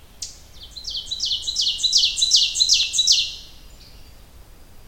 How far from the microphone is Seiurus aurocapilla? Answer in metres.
about 10 m